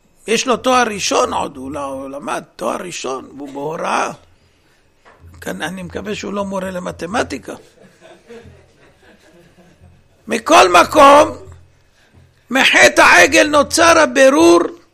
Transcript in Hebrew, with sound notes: ויש לו 'תואר ראשון' עוד, הוא למד תואר ראשון, והוא בהוראה, כן, אני מקווה שהוא לא מורה למתמטיקה... (הקהל צוחק...) מכל מקום מחטא העגל נוצר הבירור